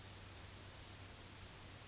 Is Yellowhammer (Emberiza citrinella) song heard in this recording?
no